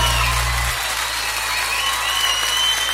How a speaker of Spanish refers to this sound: ¡Aplausos bien fuerte!